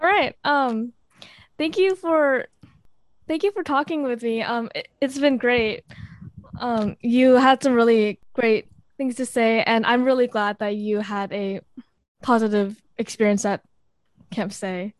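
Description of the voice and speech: Conversational speech from a teenager who stutters, with a phrase restart, stretched sounds and filler pauses, fitting mild stuttering. The stuttering began at a young age, and the father also stutters.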